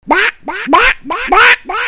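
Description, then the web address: Duck quacking: six loud, nasal, harsh quacks in quick succession, each starting with a short rising note, with brief gaps between them. "donelson duck"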